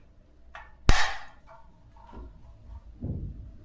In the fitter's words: bu parçaya baskı yapıyoruz ve kendisini serbest bırakıyor